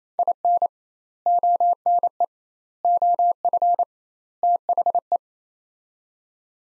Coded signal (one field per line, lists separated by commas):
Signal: Morse code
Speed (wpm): 28 wpm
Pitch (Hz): 700 Hz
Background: none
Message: IN ONE OF THE